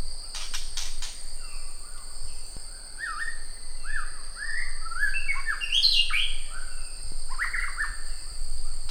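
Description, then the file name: White-rumped shama song: varied whistled phrases, rising and falling slurs in quick succession, over a steady high insect drone and a few clicks at the start. "suara asli murai batu"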